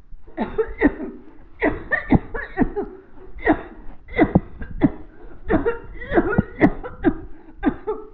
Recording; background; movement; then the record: voluntary coughing; a bystander coughing; walking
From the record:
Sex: female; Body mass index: 21.8 kg/m2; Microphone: on the chest, facing the body